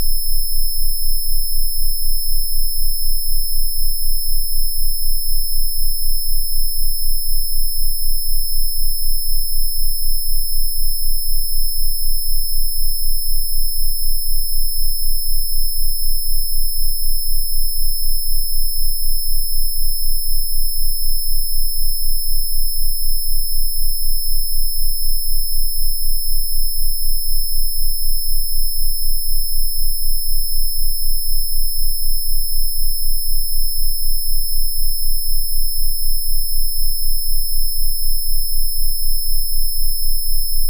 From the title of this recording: 15000Hz+19000Hz Sine wave & 15Hz+19Hz Sine wave